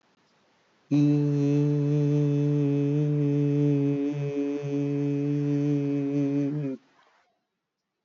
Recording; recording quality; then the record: sustained vowel as in beet; excellent, no background noise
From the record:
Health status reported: healthy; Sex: male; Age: 42 years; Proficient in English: yes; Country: India